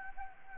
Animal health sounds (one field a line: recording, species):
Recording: mosquito wingbeat signal from an infrared sensor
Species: Anopheles gambiae